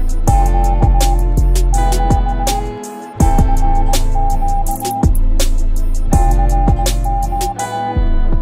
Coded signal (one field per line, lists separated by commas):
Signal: Morse code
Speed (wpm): 18 wpm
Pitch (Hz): 800 Hz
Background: music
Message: Q Q CQ CQ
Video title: Finland EAS Alarm Type Beat